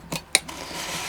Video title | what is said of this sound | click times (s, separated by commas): PERMIS D CESR 20 | Je la déclipse | 0.3 s